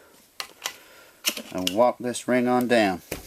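A snap ring, already started on one end, is walked down toward its groove in a Ford 4R70W automatic transmission case with a screwdriver, giving sharp metallic ticks around 0.4, 0.7 and 1.4 seconds. Someone talks over the work, and the ring has not yet snapped into its groove.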